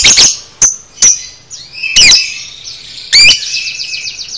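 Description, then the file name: Lovebird song of sharp, high chirps and squeaky shrieks, ending in a buzzy trilled phrase. Masteran song for training cage birds. "masteran lovebird paud"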